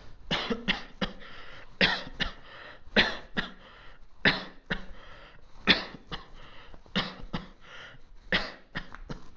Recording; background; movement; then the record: voluntary coughing; quiet; walking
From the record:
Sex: male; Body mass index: 22.0 kg/m2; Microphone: on the chest, facing outward